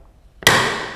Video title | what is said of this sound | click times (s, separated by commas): Bosch GWX 17-125 S + X Lock Technology Explained - Basics With Bosch | you heard the click sound which means this is perfectly fitted it's not going to fall now | 0.5 s